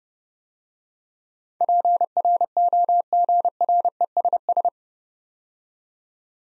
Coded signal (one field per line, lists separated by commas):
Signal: Morse code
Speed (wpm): 29 wpm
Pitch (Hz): 700 Hz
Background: none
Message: PROGRESS